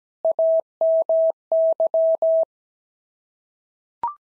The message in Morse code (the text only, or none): AMY